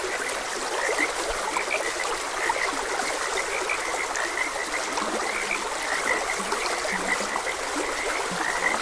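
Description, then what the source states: Frogs croaking, quick high notes mixed with a few low drawn-out croaks later on, over a constant babbling stream. Frogs croaking beside a gentle stream.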